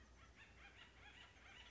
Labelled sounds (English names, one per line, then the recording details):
Acorn Woodpecker
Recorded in Sonoma County, California